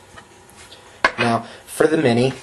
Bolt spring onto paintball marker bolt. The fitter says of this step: you want to make sure that the bolt spring goes on has to be pushed down and clicks now